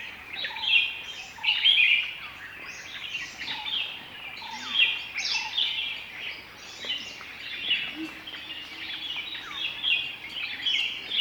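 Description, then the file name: Bulbuls in lively chatter, many overlapping chirpy, warbled notes with frequent louder peaks. Several bulbuls, described as cheery. "Cheery Bulbuls"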